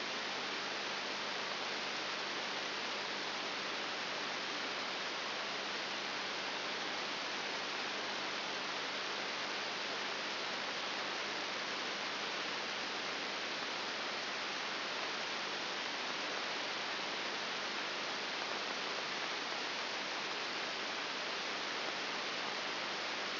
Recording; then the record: brain microelectrode recording played as sound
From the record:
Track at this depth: outside the subthalamic nucleus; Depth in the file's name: 7.3 mm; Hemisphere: right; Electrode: 3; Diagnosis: Parkinson's disease